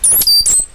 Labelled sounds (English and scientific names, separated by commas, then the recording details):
Stitchbird (Notiomystis cincta) song
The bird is a male
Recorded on Tiritiri Matangi Island, New Zealand, in 2005
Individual 8, of nest box 10